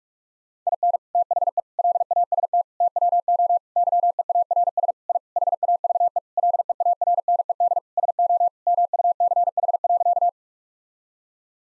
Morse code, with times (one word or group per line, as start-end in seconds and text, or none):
0.7-1.0 IN
1.2-1.6 THE
1.8-2.6 LAST
2.8-3.6 TWO
3.8-4.9 YEARS
5.1-5.2 I
5.4-6.2 HAVE
6.4-7.8 LEARNED
8.0-8.5 SO
8.7-10.3 MUCH.